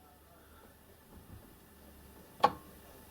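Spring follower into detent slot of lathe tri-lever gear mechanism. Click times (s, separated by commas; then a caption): 2.4 s. On a Myford ML7 lathe's Tri Leva three-speed gear-change lever mechanism, the spring-loaded steel follower is turned near its slot and let go. After a quiet stretch with faint low handling noises, it snaps into the detent slot with one sharp, bright click at 2.5 s. The follower is confirmed seated.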